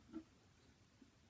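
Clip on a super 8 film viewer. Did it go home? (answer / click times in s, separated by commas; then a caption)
no / none. A clip on a Baia Instaview 270 Super 8 film viewer is handled, with a soft low thump near 0.2 s and a faint tap near 1.0 s over quiet background noise. Nothing has seated or clicked yet; the clip has not snapped into place.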